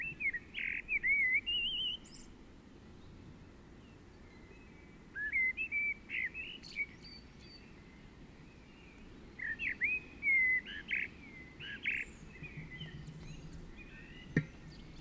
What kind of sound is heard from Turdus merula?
song